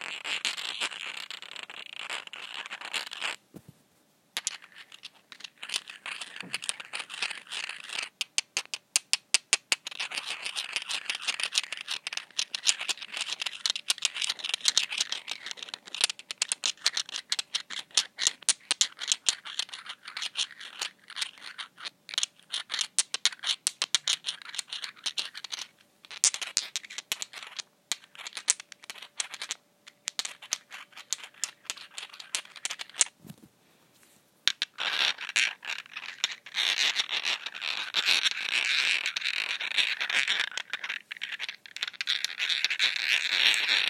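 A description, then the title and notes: Glass nail polish bottles are handled, with dense, quick clicking and tapping running nearly throughout and brief silent gaps near 4, 26 and 34 seconds. The sound is bright and crisp, and after 35 seconds it turns into a steadier gritty rubbing. Nail polish bottles ASMR. Various triggers with nail polish bottles — handling, tapping glass bottles, lids, rubbing bottoms together.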